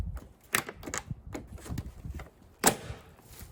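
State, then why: Seated. A plastic headlight trim piece on an E46 is pushed over a split metal tab and popped into place against the headlight housing and bumper, giving a sharp click at 0.6 s amid lighter plastic taps and rustling, with another loud snap near 2.7 s. The trim clicks in and seats, now pinched with no gap.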